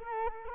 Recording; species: mosquito wingbeat signal from an infrared sensor; Culex quinquefasciatus